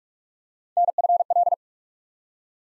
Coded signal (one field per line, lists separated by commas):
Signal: Morse code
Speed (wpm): 44 wpm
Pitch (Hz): 700 Hz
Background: none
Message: NFL